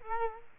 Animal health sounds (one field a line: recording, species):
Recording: mosquito wingbeat signal from an infrared sensor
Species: Culex quinquefasciatus